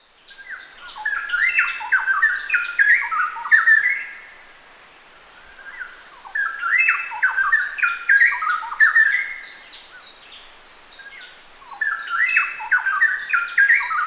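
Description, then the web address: Straw-headed bulbul delivering three loud, bubbling warbled phrases separated by pauses, the last cut off, over a constant high-pitched hum. Recorded at Danum on 1 August 2009. "DANUM 20090801. straw-headed bulbul"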